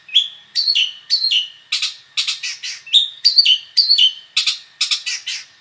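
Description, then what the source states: Long-tailed shrike song: repeated falling whistled phrases alternating with harsh chattering bursts, roughly two phrases per second. Full song with imitations, called gacor in the local style.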